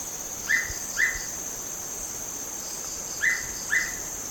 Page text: Sound of Hooded Pitta at Pinang Jatus, Gunung Lumut by BOORSMA, Tjalle